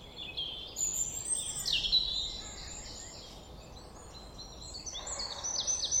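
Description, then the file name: European robin: quiet, high, wavering warbles and thin whistled notes, strengthening near the close. "Erithacus rubecula"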